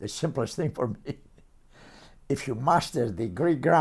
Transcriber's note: chuckles